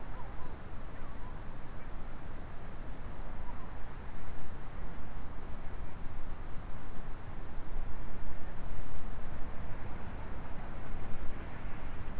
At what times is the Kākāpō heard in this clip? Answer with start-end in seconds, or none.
none